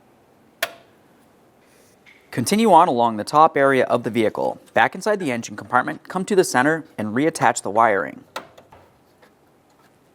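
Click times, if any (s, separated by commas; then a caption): none. A cooling fan wiring connector is being reattached to the engine bay harness at the center of the engine compartment of a 2010–2013 Ford Transit Connect during radiator cooling fan replacement. A single sharp transient comes at 0.6 s, someone talks from about 2.3 s to 8.2 s, and two faint soft ticks follow at about 8.6 s and 8.7 s. The connector has not clipped in or seated yet when the clip ends.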